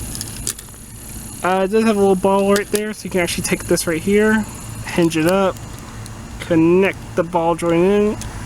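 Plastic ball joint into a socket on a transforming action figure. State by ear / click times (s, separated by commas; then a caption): not seated / none. A plastic ball joint on a transforming action figure is handled: a part is hinged up and its ball is brought toward the socket. Someone talks throughout, with a few small plastic clicks and taps near the start and one around 6.1 s. Nothing has seated or clicked into place yet.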